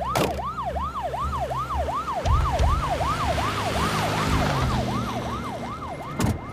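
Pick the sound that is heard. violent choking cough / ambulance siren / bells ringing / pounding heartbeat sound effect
ambulance siren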